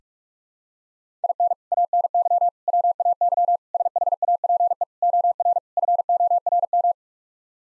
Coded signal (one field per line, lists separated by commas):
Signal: Morse code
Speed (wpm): 46 wpm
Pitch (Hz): 700 Hz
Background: none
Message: IN ANY WAY SHAPE OR FORM